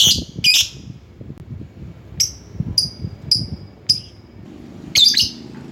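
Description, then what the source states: Lovebird calls, sharp high chirps and squeaks given singly and in short pairs, spaced irregularly over a faint low rumbling background. Lovebird calling a rival.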